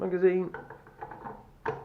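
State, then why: Seated. Someone talks briefly, then the plastic/metal magazine of a CYMA CM.701 airsoft sniper rifle (a VSR clone) is pushed up into the mag well, with faint scraping and rattling as it goes in. A sharp click at 1.7 s marks it latching, seated flush with the body.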